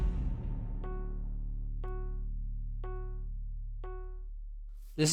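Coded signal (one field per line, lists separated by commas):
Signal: none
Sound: video game sound effects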